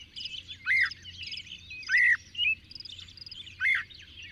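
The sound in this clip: Bird song, loud arched whistled notes repeated about every second and a half over thin background twittering.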